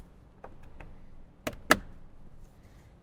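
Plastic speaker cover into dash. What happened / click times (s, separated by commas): The plastic cover snapped into place / 1.7 s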